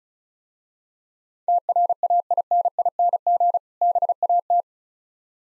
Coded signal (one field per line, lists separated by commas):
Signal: Morse code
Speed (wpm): 35 wpm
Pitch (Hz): 700 Hz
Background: none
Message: TRAINING BAT